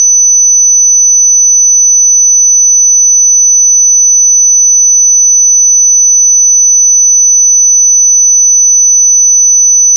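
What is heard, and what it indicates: A single steady, high-pitched pure tone at 6000 Hz holds unchanged for the full ten seconds, with no other sound. It is a synthetic test tone for tinnitus determination, used to match the pitch of one's own ringing.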